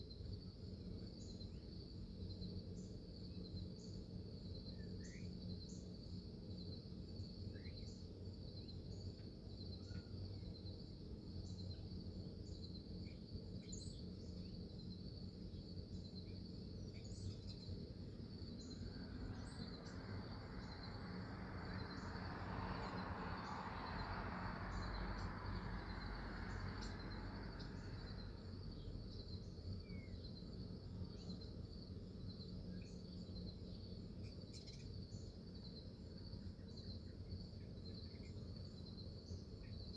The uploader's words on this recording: This recording was taken on a cool morning in September just after sunrise in my hometown of Salina, Kansas, USA. I opened the window for the breeze and set my phone down on the ledge because the bugs and birds were particularly noisy, but it was very peaceful. Recorded by Ricky House. Morning from my window.